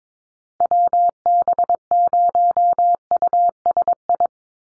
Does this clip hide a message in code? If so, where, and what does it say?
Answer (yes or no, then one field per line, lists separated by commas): yes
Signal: Morse code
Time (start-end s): 0.6-4.3 s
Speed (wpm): 22 wpm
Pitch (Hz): 700 Hz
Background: none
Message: WB0USI